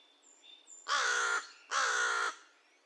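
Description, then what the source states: American crow uttering two drawn-out raspy caws, preceded by faint high whistled notes from another bird in the background. Recorded 2 May 2020; a series of paired caws and one single caw.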